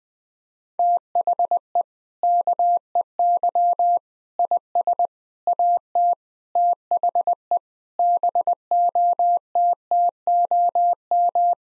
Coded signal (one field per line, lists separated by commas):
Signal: Morse code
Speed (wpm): 20 wpm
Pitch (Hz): 700 Hz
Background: none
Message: THE KEY IS AT THE BOTTOM